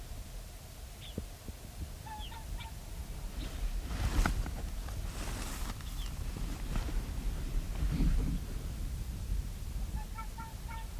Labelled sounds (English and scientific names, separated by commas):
Arctic Fox (Vulpes lagopus)